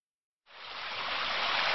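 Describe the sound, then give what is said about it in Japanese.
A babbling brook starts up suddenly after a brief silence, a steady, bright rush of trickling water that gently swells and stays full and continuous, with no voices. “小川だー、やったー。”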